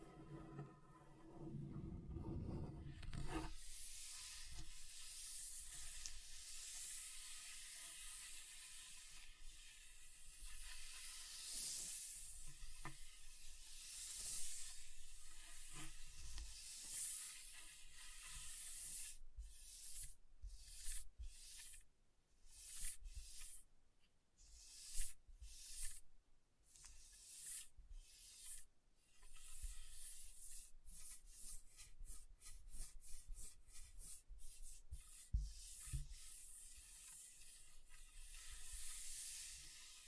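Scratching across a table surface, a dry, hissy rubbing that runs almost continuously for the first twenty seconds with a low thump near the start. After that the scratches break into short separate strokes with brief gaps, growing quicker and choppier toward the end.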